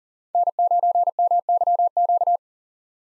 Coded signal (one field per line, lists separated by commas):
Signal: Morse code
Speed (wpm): 40 wpm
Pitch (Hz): 700 Hz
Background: none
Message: N9MYQ